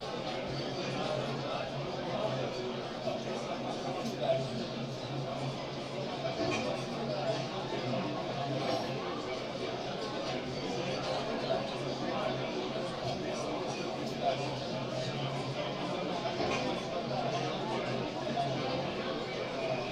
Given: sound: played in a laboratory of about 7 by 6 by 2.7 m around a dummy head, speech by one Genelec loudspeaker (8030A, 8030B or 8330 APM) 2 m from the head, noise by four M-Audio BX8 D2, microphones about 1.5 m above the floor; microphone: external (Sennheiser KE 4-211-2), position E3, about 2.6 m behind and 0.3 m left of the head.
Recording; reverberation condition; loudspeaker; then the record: cafeteria noise; low; four, about 170 cm from the corners of the room and facing them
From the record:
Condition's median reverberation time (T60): about 310 ms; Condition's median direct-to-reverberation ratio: about 3.5 dB